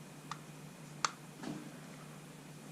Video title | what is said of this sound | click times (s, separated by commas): The Kyosho Ultima from the RC Elf!!!!! | snap into place there in those little recesses in the diff case. | 1.0 s